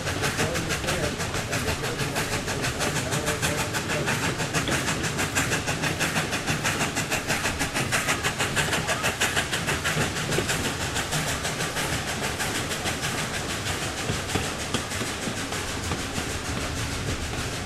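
A 1930s steam locomotive rolls along with a dense, steady clatter of wheels on steel rails, a rapid run of regular clicks that never lets up. Beneath it sits a low, constant rumble, and a faint hum holds steady throughout the whole stretch.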